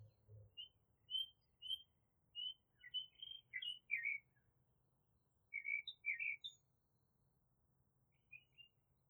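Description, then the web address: Bird chirping: short, bright tweets come in loose clusters, some quick doubled notes, with quiet gaps between bursts. "Tedford Sarah Sounds Birds"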